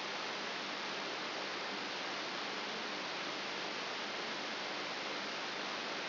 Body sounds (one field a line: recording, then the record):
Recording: brain microelectrode recording played as sound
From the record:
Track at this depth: inside the subthalamic nucleus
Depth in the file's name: 1.905 mm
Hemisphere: left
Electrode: 3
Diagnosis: Parkinson's disease